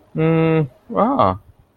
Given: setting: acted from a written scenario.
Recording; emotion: vocal sound without words; realization